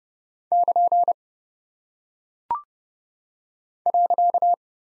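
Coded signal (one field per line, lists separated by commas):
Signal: Morse code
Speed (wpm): 30 wpm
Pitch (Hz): 700 Hz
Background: none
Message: <KN> .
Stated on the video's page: Head-copy practice of single punctuation and prosign characters at 30 wpm; each is sent in Morse, spoken, then sent again.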